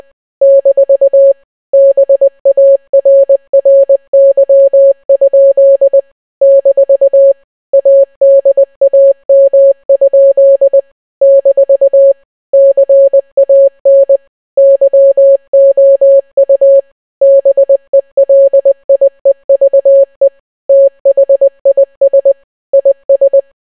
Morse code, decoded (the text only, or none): - BARRY? - ADAM? - CAN YOU BELIEVE THIS IS